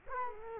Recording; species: mosquito wingbeat signal from an infrared sensor; Culex quinquefasciatus